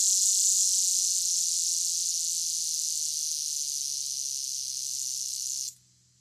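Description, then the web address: Lyric cicada song: a loud, continuous high buzzing drone that fades slightly and then stops abruptly near the end, leaving near silence. Recorded in North America. "Songs of Insects. Lyric Cicada"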